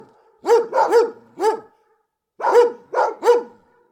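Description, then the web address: Deep dog barks come in a run of four, a pause of about a second, then three more sharp barks. Big dogs barking, recorded close. "GDC 2019-Game Audio Bundle Bart Kamski - Dogs Dogs big close barking"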